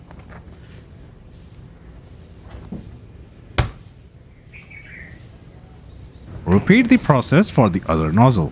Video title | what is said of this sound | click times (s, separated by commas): How to replace windshield washer nozzles in Honda Civic (easy method) | Now push the nozzle into place until you hear it click. | 3.6 s